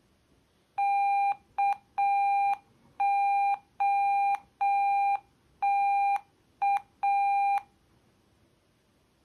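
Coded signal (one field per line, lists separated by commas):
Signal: Morse code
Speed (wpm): 6 wpm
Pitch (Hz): 800 Hz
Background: none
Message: KOTA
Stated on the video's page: Morse code sent by software.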